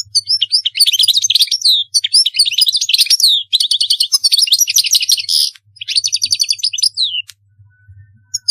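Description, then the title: European goldfinch in sustained song: almost continuous rapid twittering, liquid slurred notes and dry buzzy trills lasting about seven seconds. "Chant Chardonneret"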